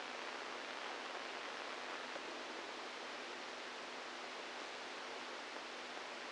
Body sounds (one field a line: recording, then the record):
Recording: brain microelectrode recording played as sound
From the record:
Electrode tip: outside the subthalamic nucleus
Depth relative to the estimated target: 3 mm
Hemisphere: right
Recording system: NeuroSet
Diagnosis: Parkinson's disease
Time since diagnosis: 8 years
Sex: male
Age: 46 years